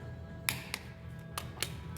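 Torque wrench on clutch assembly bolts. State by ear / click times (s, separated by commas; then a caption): torque reached / 0.5 s, 1.6 s. A click-type torque wrench re-checks the clutch assembly bolts on a rebuilt Oliver 1755 tractor clutch, with sharp clicks at 0.5 s and 1.6 s as each bolt reaches its torque setting. Fainter ticks come at about 0.7 s and 1.4 s over a steady low hum. The clicks confirm that the bolts have hit their set torque.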